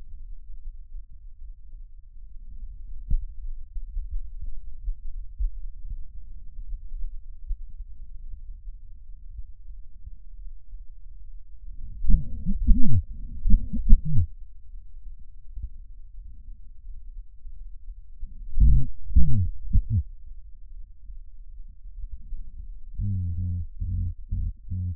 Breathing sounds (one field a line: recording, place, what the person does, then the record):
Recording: lung sounds by stethoscope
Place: right anterior apical chest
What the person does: quiet breathing, then cough and speech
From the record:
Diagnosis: none (healthy)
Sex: male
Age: 34 years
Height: 174 cm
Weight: 93 kg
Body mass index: 30.7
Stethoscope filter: bell mode